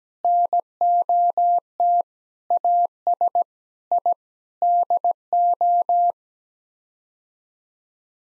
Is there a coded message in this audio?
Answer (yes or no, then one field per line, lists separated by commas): yes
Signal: Morse code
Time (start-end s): 0.2-6.1 s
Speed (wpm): 17 wpm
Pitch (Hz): 700 Hz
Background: none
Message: NOT AS I DO